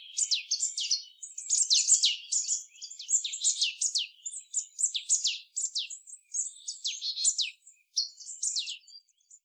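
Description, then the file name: Marsh tit calls: a nearly continuous stream of quick, high, scratchy notes with buzzy elements. "Poecile palustris"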